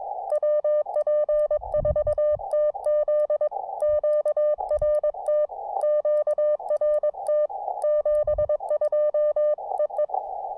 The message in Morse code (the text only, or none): WP4TZ QRT QRT 72 EE